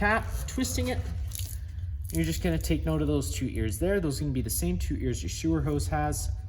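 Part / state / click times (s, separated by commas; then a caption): sewer outlet cap on a trailer's sewer outlet / not seated / none. A bayonet-style cap on the main sewer outlet of a 2025 Forest River Impression 280RL trailer is handled and twisted while someone talks, with brief sharp handling sounds around 1.4 s and 1.5 s. The outlet has two ears that the cap twists onto to lock, but nothing has seated or clicked yet.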